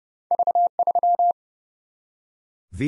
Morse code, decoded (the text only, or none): V3